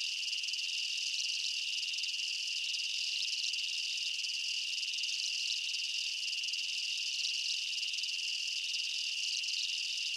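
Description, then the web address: Continuous insect chorus, high piercing drone mixed with fast pulsing chirps, occasional slight surges, nothing else audible. Night ambience in a jungle, insects and bugs chirping. "Blastwave INSECTS Amb Night Jungle BU. ambience insects chirps night jungle bugs"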